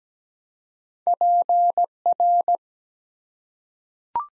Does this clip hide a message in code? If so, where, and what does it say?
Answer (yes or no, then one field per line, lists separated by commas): yes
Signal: Morse code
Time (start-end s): 1.1-2.6 s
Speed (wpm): 17 wpm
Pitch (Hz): 700 Hz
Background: none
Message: PR